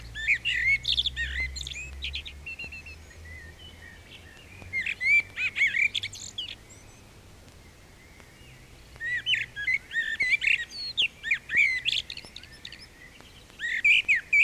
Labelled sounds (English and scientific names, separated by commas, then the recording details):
Common Blackbird (Turdus merula) song
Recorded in the wild
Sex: male
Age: adult
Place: Bielefeld-Mitte, Nordrhein-Westfalen, DE
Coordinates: 52.0075, 8.54806
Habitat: residential district
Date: 1968-04-27
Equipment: Uher 4000 Report-S, Bändchenmikro Beyer M 260, Parabolspiegel Polyester (470 mm)
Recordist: Conrads, Klaus